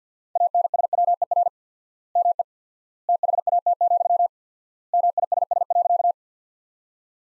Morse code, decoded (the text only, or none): ANSWER ME THAT, MISS.